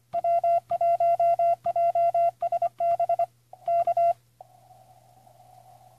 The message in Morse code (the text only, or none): W1JSB K